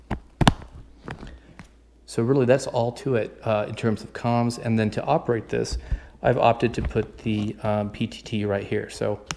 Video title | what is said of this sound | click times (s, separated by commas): The Best Tactical Comms for Civilians - MSA Sordin + Disco32 PTT + VX-6R | i just go ahead and click it in place and listen to this this is a very audible satisfying click | 0.4 s, 0.5 s